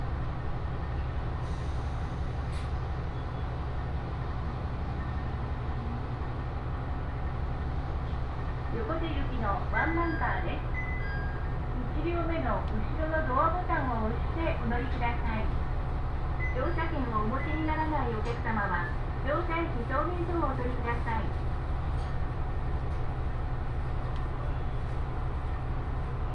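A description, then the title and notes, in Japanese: A train rides along with a steady low rumble and hum, while a voice speaks in short phrases from about nine to twenty-one seconds. 耳で楽しむ鉄道旅 東北本線・北上線 花巻→北上→和賀仙人。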